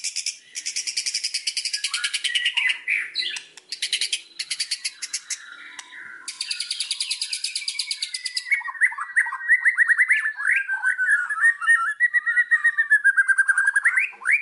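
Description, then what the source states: White-rumped shama song, dense bursts of high buzzy rattles followed by a long rapid trill with varied chirping notes running through it. Song used as a lure (pancingan) to make other shamas respond; said to work on first hearing with an immediate response; bird described as singing constantly (gacor).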